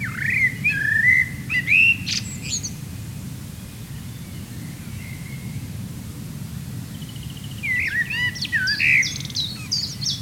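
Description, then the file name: Common blackbird song: a low, mellow fluting warble that ends in a thin, squeaky flourish, heard twice with a quiet pause between phrases and steady low background rumble. "Turdus merula"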